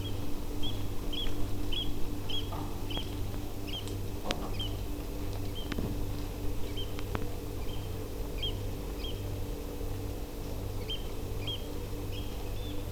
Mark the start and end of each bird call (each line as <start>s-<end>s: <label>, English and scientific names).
0.00s-0.11s: Eurasian Oystercatcher (Haematopus ostralegus)
0.62s-0.72s: Eurasian Oystercatcher (Haematopus ostralegus)
1.12s-1.26s: Eurasian Oystercatcher (Haematopus ostralegus)
1.71s-1.84s: Eurasian Oystercatcher (Haematopus ostralegus)
2.29s-2.41s: Eurasian Oystercatcher (Haematopus ostralegus)
2.89s-3.02s: Eurasian Oystercatcher (Haematopus ostralegus)
3.67s-3.81s: Eurasian Oystercatcher (Haematopus ostralegus)
4.54s-4.68s: Eurasian Oystercatcher (Haematopus ostralegus)
5.48s-5.67s: Eurasian Oystercatcher (Haematopus ostralegus)
6.68s-6.85s: Eurasian Oystercatcher (Haematopus ostralegus)
7.61s-7.76s: Eurasian Oystercatcher (Haematopus ostralegus)
8.38s-8.52s: Eurasian Oystercatcher (Haematopus ostralegus)
8.99s-9.12s: Eurasian Oystercatcher (Haematopus ostralegus)
10.81s-10.97s: Eurasian Oystercatcher (Haematopus ostralegus)
11.42s-11.57s: Eurasian Oystercatcher (Haematopus ostralegus)
12.12s-12.19s: Eurasian Oystercatcher (Haematopus ostralegus)
12.55s-12.73s: Eurasian Oystercatcher (Haematopus ostralegus)